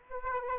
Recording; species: mosquito wingbeat signal from an infrared sensor; Aedes aegypti